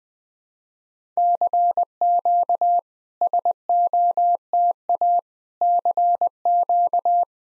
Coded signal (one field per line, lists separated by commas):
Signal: Morse code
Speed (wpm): 20 wpm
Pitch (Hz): 700 Hz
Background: none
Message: CQ SOTA CQ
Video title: SOTA QSO Practice 20wpm